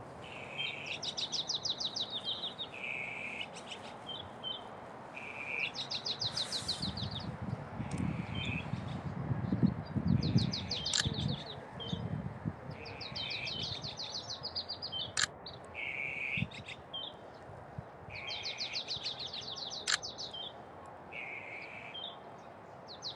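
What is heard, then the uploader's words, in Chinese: A marsh tit repeats bright, rapid chattering phrases every few seconds, with a low rumble midway and a few sharp clicks. 声音实录 沼泽山雀的叫声。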